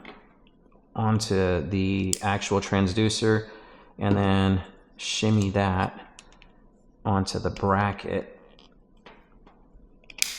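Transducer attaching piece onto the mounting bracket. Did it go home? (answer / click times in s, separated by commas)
yes / 10.2 s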